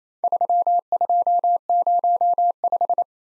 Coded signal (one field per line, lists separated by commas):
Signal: Morse code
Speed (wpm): 29 wpm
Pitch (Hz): 700 Hz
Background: none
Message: 3205